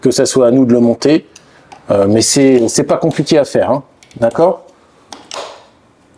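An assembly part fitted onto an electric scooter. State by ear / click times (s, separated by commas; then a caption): seated / 5.1 s. Someone talks while fitting a buyer-assembled part onto a Rovoron Kullter LUXURY 90 km/h electric scooter. After the talking stops, a sharp tap sounds at 5.1 s, followed by a second short sound at 5.3 s, and the part is seated, fitting perfectly into place.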